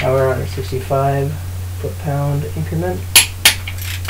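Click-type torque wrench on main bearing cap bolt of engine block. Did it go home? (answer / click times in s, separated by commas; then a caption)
yes / 3.5 s. A click-type torque wrench tightens the steel main bearing cap bolts on a '93 3.2 SHO engine block to the 65 ft-lb increment, bringing them up to the same torque so the block and crank don't warp. Someone talks over a steady low hum, and the wrench gives a sharp click at its setting at 3.5 s, confirming the bolt has reached torque.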